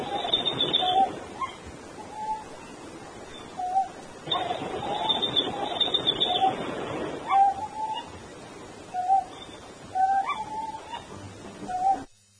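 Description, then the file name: Elegant scops owl giving short low hooting notes at irregular intervals of about one to three seconds, over steady rushing background noise, with thin high tones in places. "otus elegans"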